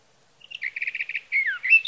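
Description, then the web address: Sage thrasher song fragment: a rapid series of short repeated notes followed by a downslurred whistle and a brief warble. "birdsongforthecurious Sage Thrasher"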